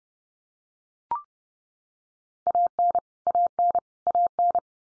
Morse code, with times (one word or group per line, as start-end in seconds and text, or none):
2.5-3.0 AN
3.3-3.8 AN
4.1-4.6 AN